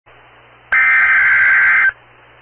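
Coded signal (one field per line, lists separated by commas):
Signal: Emergency Alert System (SAME) tones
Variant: header bursts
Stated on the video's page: Real tornado warning.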